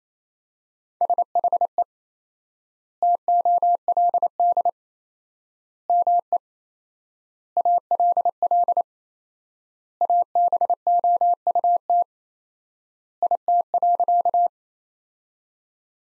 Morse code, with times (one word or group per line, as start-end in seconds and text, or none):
1.0-1.8 SHE
3.0-4.7 TOLD
5.9-6.4 ME
7.6-8.8 ALL
10.0-12.0 ABOUT
13.2-14.5 IT.